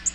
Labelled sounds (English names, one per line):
Nashville Warbler flight call